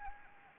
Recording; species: mosquito wingbeat signal from an infrared sensor; Anopheles arabiensis